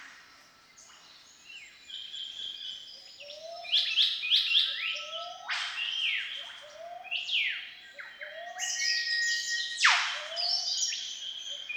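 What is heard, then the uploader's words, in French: A dawn chorus in an Australian rainforest, with whistlers, a whipbird and other birds calling over one another. Loud, sharp whip-like calls sweep downward at about five and ten seconds, while bright chirps and whistles keep the air busy throughout. Lamington national park - Australie. Un nouveau lever du jour en Australie dans le Queensland. Au rythme du siffleur à gorge noire, du psophode et d'autres oiseaux mystérieux.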